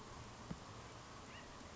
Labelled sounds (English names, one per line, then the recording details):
Acorn Woodpecker
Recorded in Sonoma County, California